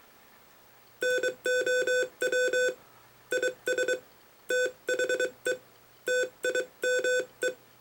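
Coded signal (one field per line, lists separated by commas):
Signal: Morse code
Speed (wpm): 23 wpm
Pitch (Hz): 1500 Hz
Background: none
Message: NOW IS THE TIME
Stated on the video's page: Morse code demonstration in an introduction to its use in ham radio.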